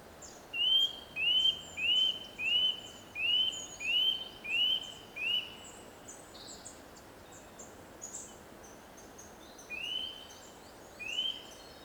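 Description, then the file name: Eurasian nuthatch calls: a quick run of clear rising whistled notes, then a pause and two more, with other high bird calls behind. "Sitta europaea"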